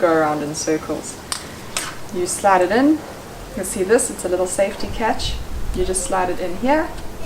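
Someone talks while the center fin of an Aztron Lunar 9'9" inflatable paddle board is slid into its fin box, with its small plastic safety catch about to be pushed in to lock it so the board won't go in circles and the fin won't be lost. Two brief sharp sounds come at about 1.3 s and 1.8 s over the talking. Nothing has seated or clicked into place yet.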